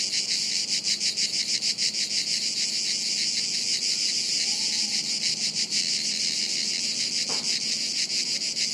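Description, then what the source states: Cicadas in a loud pulsing buzz chorus, with a brief faint whistle and a short sharp click in the background. Chorus of cicadas high in the trees, woods near Sirolo, Italy, hot afternoon, August 23.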